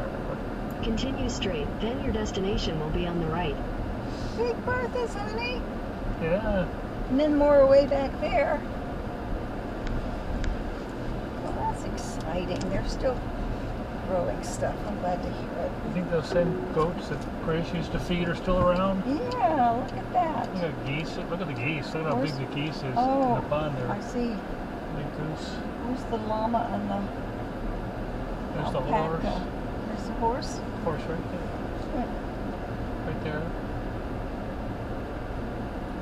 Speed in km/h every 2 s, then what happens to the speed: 26, 24, 23, 23, 23, 21, 19, 18, 16, 13, 6, 5, 6, 10, 11, 11, 11, 11.
0-21 slows to 5. 27-36 steady at about 11.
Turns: none.